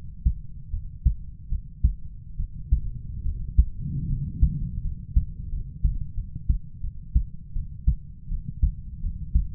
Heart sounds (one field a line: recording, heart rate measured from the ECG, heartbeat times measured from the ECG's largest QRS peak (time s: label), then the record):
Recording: heart sounds by stethoscope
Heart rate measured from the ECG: 80 bpm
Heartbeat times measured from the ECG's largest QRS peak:
0.70 s: heartbeat
1.49 s: heartbeat
2.37 s: heartbeat
3.23 s: heartbeat
4.07 s: heartbeat
4.81 s: heartbeat
5.49 s: heartbeat
6.14 s: heartbeat
6.80 s: heartbeat
7.53 s: heartbeat
8.28 s: heartbeat
9.00 s: heartbeat
From the record:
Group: healthy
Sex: male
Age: 20 years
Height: 187 cm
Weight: 68.9 kg